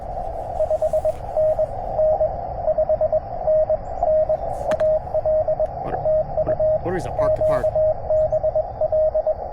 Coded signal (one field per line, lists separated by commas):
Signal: Morse code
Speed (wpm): 23 wpm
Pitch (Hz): 590 Hz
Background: speech, radio noise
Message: 5NN 5NN AL TU QBL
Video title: 100w with good band conditions makes POTA a piece of cake!